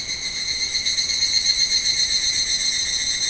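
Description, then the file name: Evening cicada song, a continuous ringing metallic trill with quick regular pulsing, steady in loudness throughout. "Higurashi"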